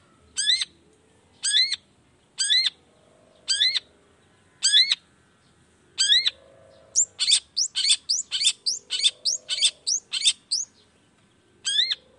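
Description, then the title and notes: Long-tailed shrike repeating a clipped descending chirp roughly once a second, then breaking into a quick run of sharp varied notes before resuming. Singing actively in the morning with 'toet toet' voice variations; meant to stimulate reluctant shrikes into joining the song quickly. "Cendet Gacor Dor Di Kala Pagi Toet Toet Variasi Suara J. Cendet Gacor Di Pagi Hari Rangsangan Emosi Cendet Malas Bunyi Supaya Secepatnya Ikutan Bunyi. Burung cendet"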